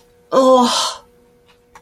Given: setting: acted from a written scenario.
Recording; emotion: vocal sound without words; embarrassment